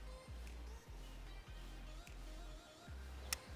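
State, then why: Seated. The pan of a foothold trap is pushed down until its dog catches on the small bead and holds the pan in the set position. Over a steady low hum that dips briefly every half second or so, a faint tick sounds at 2.1 s. The tiny, sharp click of the dog seating comes at 3.3 s, leaving the trap set.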